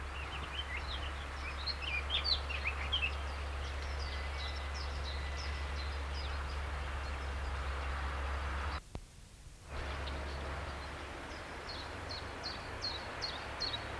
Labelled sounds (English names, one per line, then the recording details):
Eurasian Blackcap
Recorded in the wild
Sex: male
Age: adult
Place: Treuchtlingen, Naturpark Altmühltal, Bayern, DE
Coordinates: 48.96, 10.91
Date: 1993-09-16
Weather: 12°C, bedeckt, böig, z. T. Regen
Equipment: Marantz CP 430, Sennheiser MKH 416 T, Kopie Uher Variocord 263
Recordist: Tembrock, Günter